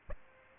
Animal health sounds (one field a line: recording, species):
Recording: mosquito wingbeat signal from an infrared sensor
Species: Aedes aegypti